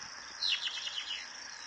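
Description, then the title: Plain-crested elaenia with a short, rapid, slightly buzzy trill of stuttering notes about a second long, backed by a continuous shrill insect hum. "LuckyPassaro Completos2Sama. Plain-crested Elaenia (Elaenia cristata)"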